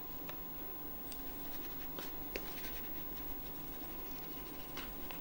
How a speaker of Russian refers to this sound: пишет в блокноте.